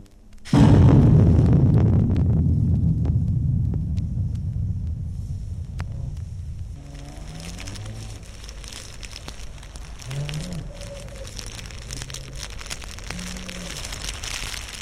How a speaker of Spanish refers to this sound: La tarde llegó con nubarrones de lluvia y viento fuerte que sacudía los chaparrales, asustando la sabana.